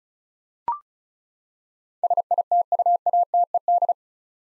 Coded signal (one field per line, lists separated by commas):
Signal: Morse code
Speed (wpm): 36 wpm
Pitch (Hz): 700 Hz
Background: none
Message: SITUATED